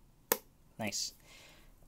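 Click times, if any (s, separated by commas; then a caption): 0.3 s. The magnetic flap lid of the cardboard box for the Sprint tabletop board game from Blue Orange Games is pulled shut by its magnet, giving a sharp snap at 0.3 s. The lid closes fully onto the box, and then someone talks.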